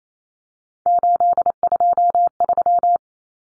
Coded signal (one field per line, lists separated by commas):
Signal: Morse code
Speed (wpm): 28 wpm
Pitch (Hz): 700 Hz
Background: none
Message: 823